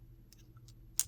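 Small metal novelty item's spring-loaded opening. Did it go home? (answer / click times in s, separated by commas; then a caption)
released / 1.0 s. A small spring-loaded metal novelty item from a drawer is triggered to pop open. A few faint ticks sound over a low steady hum, then a sharp, loud snap rings out at 1.0 s as it springs open and releases.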